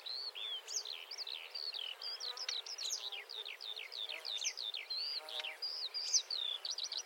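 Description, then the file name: Marsh warbler song, a dense, continuous run of high chattering and slurred notes that flow quickly without pause over a faint background hiss. "suara kicauan burung marsh warbler. omkicau"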